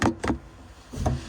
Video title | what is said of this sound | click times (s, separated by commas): How To Install A Kitchen Pull Down Faucet - Moen Single Handle | You can actually hear it snap. | 0.0 s